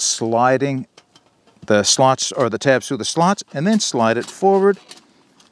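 Someone talks while sliding the tabs of a stainless steel panel through the slots in the base of a Fire Maple Antarcti folding wood camp stove and pushing it forward. The panel has not locked into place yet; nothing has seated or clicked by the end of the clip.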